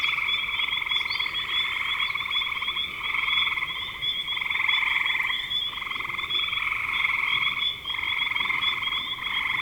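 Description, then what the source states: Frog chorus: continuous pulsed, rasping trills with slight swells and dips. Recorded in spring 2025.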